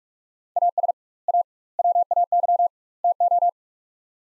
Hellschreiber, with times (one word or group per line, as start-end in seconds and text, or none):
none